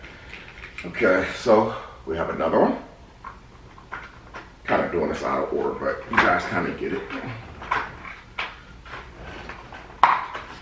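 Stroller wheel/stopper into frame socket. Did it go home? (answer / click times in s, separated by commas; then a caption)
yes / 10.0 s. Someone talks while pushing a plastic stroller part, a wheel or stopper, into its socket on the stroller frame, with a few light handling knocks along the way. At 10.0 s a sharp, loud snap is heard as the part seats in place.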